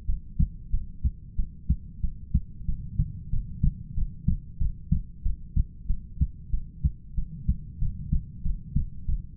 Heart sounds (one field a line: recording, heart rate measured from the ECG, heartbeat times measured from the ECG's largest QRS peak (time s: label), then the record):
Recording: heart sounds by stethoscope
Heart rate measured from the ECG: 93 bpm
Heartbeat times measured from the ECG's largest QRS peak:
0.07 s: heartbeat
0.71 s: heartbeat
1.37 s: heartbeat
2.02 s: heartbeat
2.66 s: heartbeat
3.31 s: heartbeat
3.95 s: heartbeat
4.59 s: heartbeat
5.23 s: heartbeat
5.88 s: heartbeat
6.51 s: heartbeat
7.16 s: heartbeat
7.80 s: heartbeat
8.43 s: heartbeat
9.07 s: heartbeat
From the record:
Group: heart failure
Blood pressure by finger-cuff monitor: 83/49 mmHg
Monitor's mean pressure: 60 mmHg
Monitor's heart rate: 93 bpm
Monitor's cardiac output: 8.3 L/min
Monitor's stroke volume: 89 mL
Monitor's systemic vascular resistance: 500 dyn s/cm5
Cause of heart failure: ischemic heart disease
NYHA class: 1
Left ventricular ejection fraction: 38%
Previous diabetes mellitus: present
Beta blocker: bisoprolol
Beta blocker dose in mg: 15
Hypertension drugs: sacubitril-valsartan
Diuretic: furosemide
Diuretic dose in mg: 20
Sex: male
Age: 33 years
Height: 172 cm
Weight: 78.5 kg